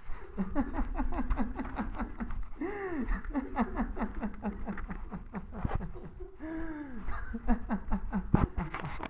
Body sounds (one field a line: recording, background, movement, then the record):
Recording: laughter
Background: a bystander coughing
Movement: walking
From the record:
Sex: male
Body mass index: 21.0 kg/m2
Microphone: on the chest, facing the body